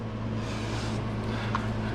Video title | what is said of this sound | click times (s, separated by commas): BMW S1000XR 2020 radiator hose part 2 | towards yourself and that'll release it so you can come off | 1.6 s